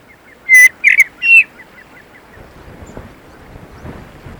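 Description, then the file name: Common blackbird calling with three loud, harsh chattering notes in quick succession, followed by quieter background hiss and faint low rumble. "Turdus merula"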